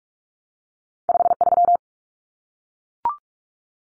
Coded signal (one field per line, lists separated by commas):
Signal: Morse code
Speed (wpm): 44 wpm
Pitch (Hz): 700 Hz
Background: none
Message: 53